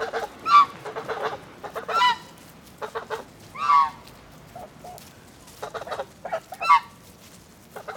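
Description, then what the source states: Goose: geese give repeated loud nasal honks with short gabbling notes between them. A group of geese.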